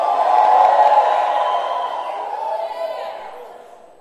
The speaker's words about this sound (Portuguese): Dá um grito de vitória, irmão. Mais forte, dá um grito de vitória.